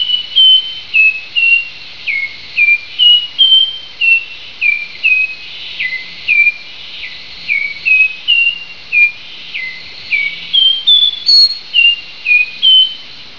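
Nightingale wren singing a slow series of single clear whistled notes at varied pitches, roughly two per second, over a steady background hiss.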